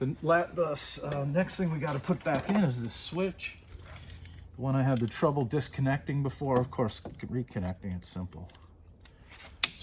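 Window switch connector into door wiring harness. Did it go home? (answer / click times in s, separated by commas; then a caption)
yes / 9.6 s. Someone talks while reconnecting the electrical plug of the door window switch into the door wiring harness during reinstallation of the door panel, pushing it in until it snaps. A few faint ticks sound before a sharp, loud snap at 9.6 s marks the connector seating.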